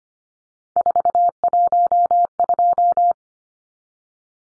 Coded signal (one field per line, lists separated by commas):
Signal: Morse code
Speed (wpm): 25 wpm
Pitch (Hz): 700 Hz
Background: none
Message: 412